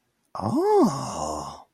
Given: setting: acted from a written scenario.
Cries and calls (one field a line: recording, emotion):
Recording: vocal sound without words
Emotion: realization